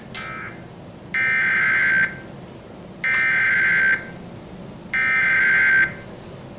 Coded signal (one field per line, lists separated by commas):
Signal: Emergency Alert System (SAME) tones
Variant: header bursts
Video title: Sage ENDEC alert to TFT EAS911 - Demo EAS Alert